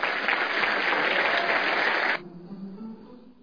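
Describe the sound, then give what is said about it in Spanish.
A crowd bursts into steady, dense, warm welcoming applause for the children on stage at an evening cultural event. It holds for about two seconds, then cuts off abruptly, leaving a low murmur of faint background noise. “esta noche va a ser sinceramente, como yo señalaba, de alegría y de felicidad, porque al final son nuestros hijos los que están al frente de ustedes y para quienes todos vamos a brindar un cariñoso aplauso de bienvenida.”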